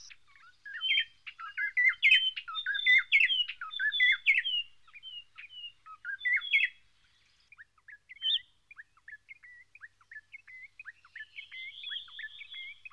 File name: Cossyphe d Heuglin Cossypha heuglini White-Browed robin-chat Weissbrauenrotel